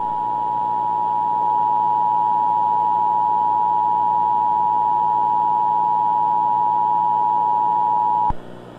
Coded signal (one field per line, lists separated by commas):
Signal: Emergency Alert System (SAME) tones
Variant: 853 and 960 Hz attention tone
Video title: EAS System Dark Figure Civil Danger Authority